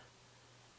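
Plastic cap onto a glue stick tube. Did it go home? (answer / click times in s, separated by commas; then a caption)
no / none. A plastic cap is pushed onto a glue stick tube, but glue stuck inside the cap makes it hard to close, so it fails to snap shut. Only a steady, fairly loud noisy hiss is heard with no distinct click, and nothing has snapped into place yet.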